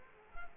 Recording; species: mosquito wingbeat signal from an infrared sensor; Culex quinquefasciatus